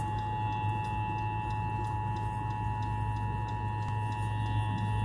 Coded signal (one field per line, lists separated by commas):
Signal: Emergency Alert System (SAME) tones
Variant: 853 and 960 Hz attention tone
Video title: EAS #25: Amber Alert: 101.9 KIIS FM Memphis Tennessee